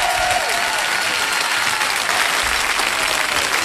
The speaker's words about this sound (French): Maintenant, on peut y aller, applaudir